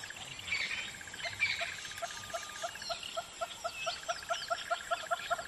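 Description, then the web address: Red-billed hornbill giving soft, evenly spaced clucks, with a thin insect tone behind. Red-billed hornbill recorded together with insects. "pajaro de pico rojo pajaro rinoceronte tochus erythrorhynchus insectos"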